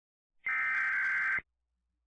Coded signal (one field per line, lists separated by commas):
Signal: Emergency Alert System (SAME) tones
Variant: header bursts